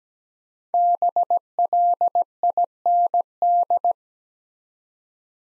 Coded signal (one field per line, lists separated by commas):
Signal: Morse code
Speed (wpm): 17 wpm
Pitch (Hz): 700 Hz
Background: none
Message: BLIND